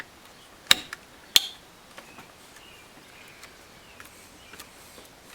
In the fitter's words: and the faceplate will snap into place.